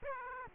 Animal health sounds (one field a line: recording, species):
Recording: mosquito wingbeat signal from an infrared sensor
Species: Aedes aegypti